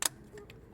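A plastic retaining clip on an oil-contaminated engine hose in the EGR area of a VW T5 2.5 TDI is pressed into place by hand, giving a sharp click at 0.1 s followed by two fainter ticks around 0.4 s and 0.5 s. The clip snaps on but does not hold, because it also has to stay retained behind the tab inside, so it is not properly secured.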